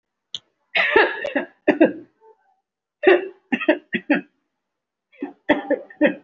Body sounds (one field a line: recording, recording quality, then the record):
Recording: heavy voluntary cough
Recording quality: excellent, no background noise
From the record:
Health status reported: respiratory illness, not identified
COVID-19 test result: negative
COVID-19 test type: RT-PCR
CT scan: not taken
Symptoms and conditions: cough, cold, breathing difficulty, chronic lung disease, pneumonia, ischaemic heart disease, another condition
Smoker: no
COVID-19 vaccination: none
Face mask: worn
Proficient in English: no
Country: India